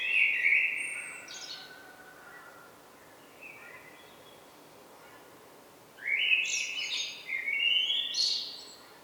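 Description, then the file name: Common blackbird song: a fluty warbled phrase ending in a squeaky high twitter, then a quiet pause, and a second richer phrase rising to thin high notes near the end. "Turdus merula"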